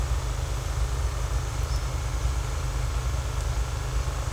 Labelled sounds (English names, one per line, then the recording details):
none
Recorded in secondary vegetation near Puerto Asís, Putumayo, Colombia, on 18 December 2024 at 10:30
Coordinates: 0.468, -76.324
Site G095